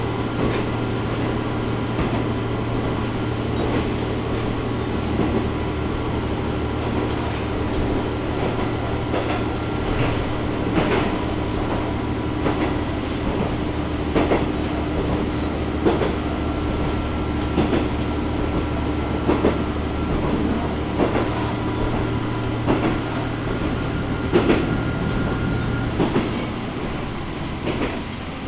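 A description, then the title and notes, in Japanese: Matsuura Railway train running between Nishitabira and Matsuura: a steady low engine drone with frequent rattling knocks and clatters throughout. 松浦鉄道 西田平→松浦。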